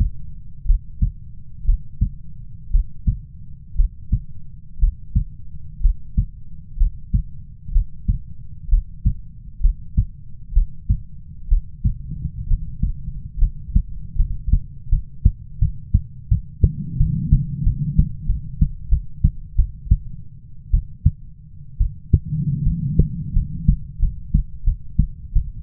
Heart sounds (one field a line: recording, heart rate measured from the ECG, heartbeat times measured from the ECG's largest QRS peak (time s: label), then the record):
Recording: heart sounds by stethoscope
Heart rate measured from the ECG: 71 bpm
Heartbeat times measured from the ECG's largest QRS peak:
0.66 s: heartbeat
1.65 s: heartbeat
2.71 s: heartbeat
3.76 s: heartbeat
4.79 s: heartbeat
5.81 s: heartbeat
6.77 s: heartbeat
7.72 s: heartbeat
8.69 s: heartbeat
9.61 s: heartbeat
10.53 s: heartbeat
11.48 s: heartbeat
12.47 s: heartbeat
13.39 s: heartbeat
14.16 s: heartbeat
14.89 s: heartbeat
15.59 s: heartbeat
16.28 s: heartbeat
16.97 s: heartbeat
17.64 s: heartbeat
18.27 s: heartbeat
18.89 s: heartbeat
19.56 s: heartbeat
20.71 s: heartbeat
21.78 s: heartbeat
22.64 s: heartbeat
23.33 s: heartbeat
24.00 s: heartbeat
24.64 s: heartbeat
25.33 s: heartbeat
From the record:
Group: healthy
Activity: breath hold 0-11 s, rest 11-26 s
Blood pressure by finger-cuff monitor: 101/64 mmHg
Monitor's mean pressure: 79 mmHg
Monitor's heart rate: 65 bpm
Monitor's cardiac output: 6.1 L/min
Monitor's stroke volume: 92 mL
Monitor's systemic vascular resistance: 940 dyn s/cm5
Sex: female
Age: 22 years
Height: 157 cm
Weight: 47.6 kg